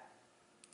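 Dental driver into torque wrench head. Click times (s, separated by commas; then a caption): 0.6 s, 0.7 s. A metal button-removal driver with a hex point and solid shank is pushed into the head of a dental torque wrench. Over a steady low background, two short, sharp clicks sound at 0.6 s and 0.7 s as the driver seats in the wrench head.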